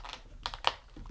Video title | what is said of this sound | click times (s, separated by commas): Marvel Legends Monster Venom Build-A-Figure Action Figure Toy Review | you heard it it clicked | 0.5 s, 0.7 s